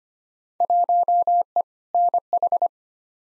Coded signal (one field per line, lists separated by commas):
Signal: Morse code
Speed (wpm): 25 wpm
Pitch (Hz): 700 Hz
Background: none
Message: 1E NH